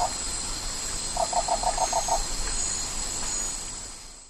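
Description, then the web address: Toad call: a short pulsed trill of about seven quick notes over continuous high insect buzzing. Recorded in the Ecuadorian Amazon. "Frogs of Ecuadorian Amazon Bufo typhonius"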